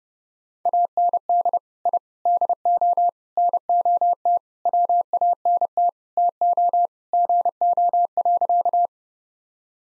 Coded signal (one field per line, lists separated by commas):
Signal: Morse code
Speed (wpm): 30 wpm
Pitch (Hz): 700 Hz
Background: none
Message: AND I DO NOT WANT TO GO.